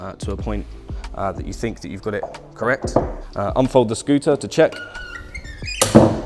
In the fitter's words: make sure it clicks into place properly